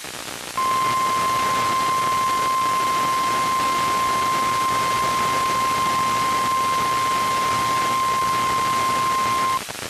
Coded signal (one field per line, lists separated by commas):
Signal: Emergency Alert System (SAME) tones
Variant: 1050 Hz attention tone